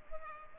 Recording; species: mosquito wingbeat signal from an infrared sensor; Culex pipiens